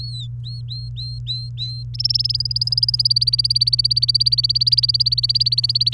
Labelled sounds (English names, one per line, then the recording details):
Domestic Canary song
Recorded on 28 April 2018 at 07:21
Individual llb3